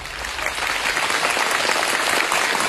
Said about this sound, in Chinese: 谢谢谢谢谢谢大家热情的掌声 啊！ 当然掌声要是再热烈一点就更好了。